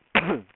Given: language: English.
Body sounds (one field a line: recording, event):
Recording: throat vibration sensor signal played as sound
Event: cough